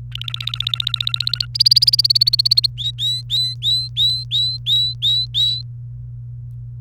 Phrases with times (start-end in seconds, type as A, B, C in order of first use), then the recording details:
0.12-1.45 A, 1.54-2.66 B, 2.78-5.62 C. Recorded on 28 April 2018 at 18:00. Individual llb3